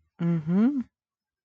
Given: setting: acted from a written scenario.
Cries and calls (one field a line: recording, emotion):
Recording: vocal sound without words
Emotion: sympathy